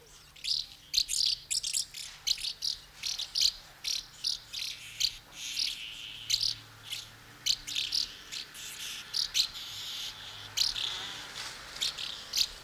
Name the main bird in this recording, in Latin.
Delichon urbicum